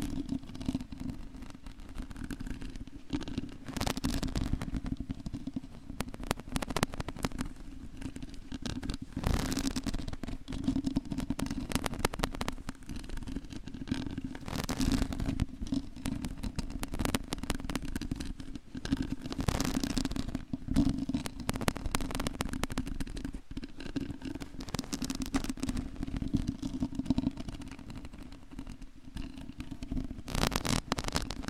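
A long nail scratches across a microphone in a dense, crackling stream of scrapes and clicks that never lets up for the whole half minute. A steady low rumble runs underneath, and sharper, brighter bursts stand out every few seconds.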